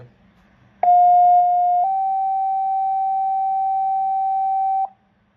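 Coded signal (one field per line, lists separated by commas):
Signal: two-tone page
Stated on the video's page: Two-tone page from a PE-1000 paging encoder.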